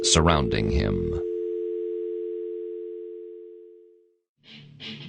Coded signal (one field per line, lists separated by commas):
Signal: telephone call progress tone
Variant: North America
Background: speech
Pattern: dial tone